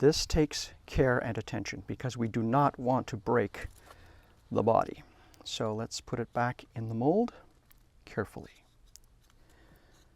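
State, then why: Not seated. Someone talks while a freshly cast scale car body is carefully handled to be pressed back into its flexible mold, taking care not to break it. A few faint, brief ticks are heard near 9.0 and 9.3 seconds, but the body has not yet seated or clicked into the mold when the clip ends.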